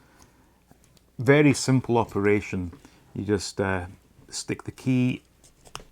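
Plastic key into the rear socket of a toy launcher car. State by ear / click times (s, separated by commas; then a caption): seated / 5.8 s. Someone talks while pushing a plastic key into the rear socket of a vintage Kidco Burnin' Key Cars Datsun 280-ZX toy launcher car. A single sharp, loud click is heard at 5.8 s as the key seats into place.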